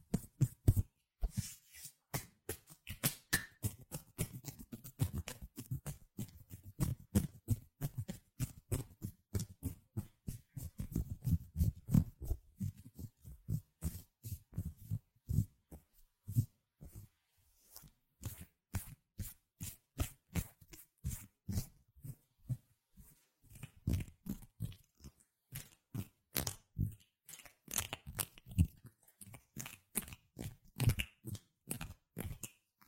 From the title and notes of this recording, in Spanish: ASMR Sonidos de manos. Chasquidos, frotaciones, palmadas y demás.